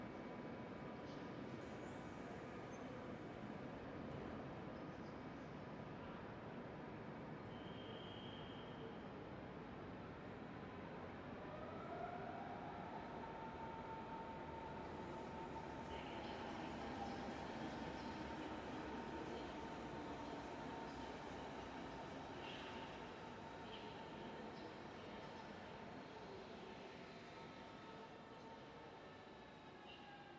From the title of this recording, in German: Berlin Hauptbahnhof